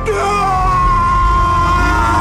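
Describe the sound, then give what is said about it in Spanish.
A man weeps and wails in one long, sustained, quavering cry, loud and unbroken, with no other voices or sounds around it. “Ya no puede contener el llanto por más tiempo.”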